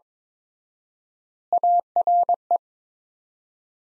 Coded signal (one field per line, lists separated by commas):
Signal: Morse code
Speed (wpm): 23 wpm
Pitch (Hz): 700 Hz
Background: none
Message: ARE